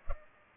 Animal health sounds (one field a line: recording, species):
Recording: mosquito wingbeat signal from an infrared sensor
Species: Culex pipiens